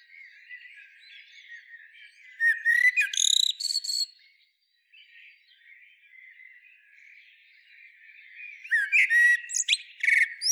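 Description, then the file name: Common blackbird delivering two loud bursts of mellow whistles and squeaky twitters, separated by a pause filled with faint background birdsong. "Turdus merula"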